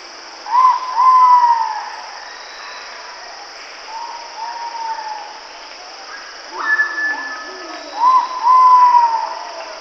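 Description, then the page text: Ivory-breasted pitta whistles, paired clear notes at start and end with softer whistles between, against continuous shrill insect buzzing. "Ivory-Breasted Pitta Call. Quick Sounds"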